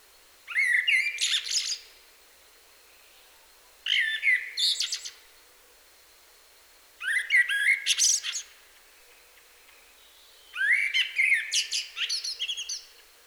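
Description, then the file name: Common blackbird song in four evenly spaced phrases, each a brief low whistle followed by busy, squeaky high twitters, roughly every three seconds. "Turdus merula"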